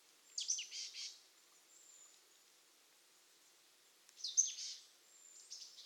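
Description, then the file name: Marsh tit calls: a sharp high note dropping into a short buzzy burst, given twice about four seconds apart, with quiet hiss between. "Poecile palustris"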